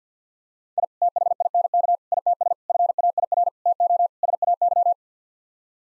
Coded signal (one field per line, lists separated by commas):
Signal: Morse code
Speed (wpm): 50 wpm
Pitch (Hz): 700 Hz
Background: none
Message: I THINK ITS FAIR TO SAY